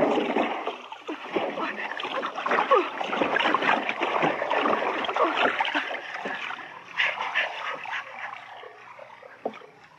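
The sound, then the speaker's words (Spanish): Water splashes and sloshes continuously during a bath, a dense, irregular churning with sharper bursts scattered throughout, fairly loud and steady for the whole stretch. “¿Un baño? ¡No, no!”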